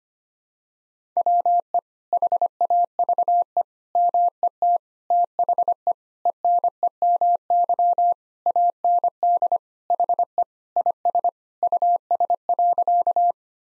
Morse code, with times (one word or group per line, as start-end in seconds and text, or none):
1.2-1.8 WE
2.1-3.6 HAVE
4.0-4.8 MET
5.1-5.9 THE
6.3-8.1 ENEMY
8.5-9.6 AND
9.9-10.4 HE
10.8-11.3 IS
11.6-13.3 US.